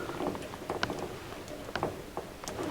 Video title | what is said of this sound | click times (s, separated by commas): Installing a Tachometer into a 1949 Chevrolet Gasser | got to get all the pins in all holes and listen for them to snap in place | 0.8 s, 1.8 s